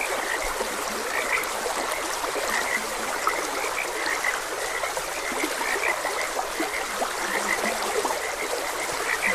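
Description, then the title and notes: Steady frog chorus of short repeated croaks layered over a constant babbling stream. Frogs croaking beside a gentle stream. "Gentle Stream and Frogs Croaking. Sleep and Relaxation Podcast"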